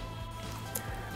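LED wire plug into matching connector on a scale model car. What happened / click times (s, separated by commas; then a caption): The small plug clicked into its socket / 0.8 s. On an Ecto-1 Ghostbusters scale model car, the small plastic plug "J" of an LED wire is pushed into its matching "J" socket over steady background music. A short, sharp tick at 0.8 s marks the plug seating, and it connects properly.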